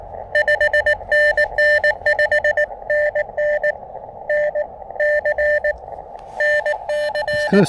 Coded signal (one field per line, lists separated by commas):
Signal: Morse code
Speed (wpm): 20 wpm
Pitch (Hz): 600 Hz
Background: none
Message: 5NN 5NN NC NC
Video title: Back in the Saddle Again! My first POTA activation in weeks!